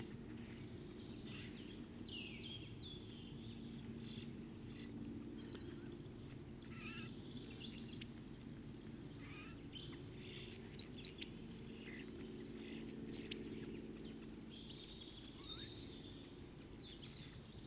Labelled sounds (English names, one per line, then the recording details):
Red Crossbill song
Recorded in the wild
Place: Kaiserslautern, Rheinland-Pfalz, DE
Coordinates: 49.26, 7.45
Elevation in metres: 206
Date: 1977-03-06
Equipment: Nagra IV, Sennheiser MKH 405, Parabolreflektor
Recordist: Tretzel, Erwin
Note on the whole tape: An der Denkmal-Buche: Fichtenkreuzschnabel-Gesang